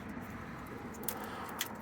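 During a diesel filter change on a Dacia Duster, the white middle plastic clip, probably a fuel line quick-connect, is pushed back onto the filter housing over a steady low hum. Two sharp clicks sound at 1.1 s and 1.6 s as the clip snaps home and is seated.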